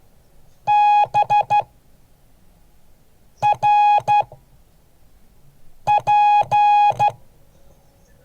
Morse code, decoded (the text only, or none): BRP